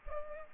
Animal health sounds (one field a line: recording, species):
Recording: mosquito wingbeat signal from an infrared sensor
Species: Culex pipiens